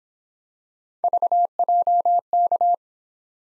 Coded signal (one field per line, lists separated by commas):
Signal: Morse code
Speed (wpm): 24 wpm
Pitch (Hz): 700 Hz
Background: none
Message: VJK